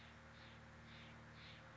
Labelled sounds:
Steller's Jay
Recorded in Sonoma County, California

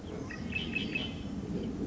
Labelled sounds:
Red-winged Blackbird
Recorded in Sonoma County, California

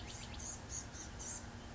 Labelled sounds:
Blue-gray Gnatcatcher
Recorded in Sonoma County, California

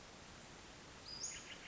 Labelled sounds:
Western Flycatcher
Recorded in Sonoma County, California

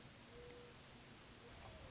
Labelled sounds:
Mourning Dove
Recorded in Sonoma County, California

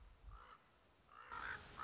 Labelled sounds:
Common Raven
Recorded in Sonoma County, California

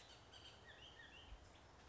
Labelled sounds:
Bullock's Oriole
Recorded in Sonoma County, California

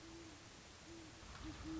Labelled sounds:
Great Horned Owl
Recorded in Sonoma County, California

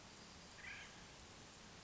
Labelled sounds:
Acorn Woodpecker
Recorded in Sonoma County, California

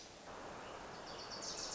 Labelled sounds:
Wilson's Warbler
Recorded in Sonoma County, California

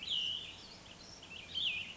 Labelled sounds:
Cassin's Vireo
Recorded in Sonoma County, California

